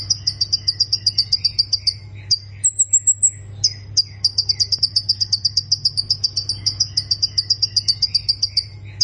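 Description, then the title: Plain prinia song: long runs of fast, high, buzzy repeated notes, with a brief patch of very high thin notes early on; a steady low hum persists. "Ciblek Sawah"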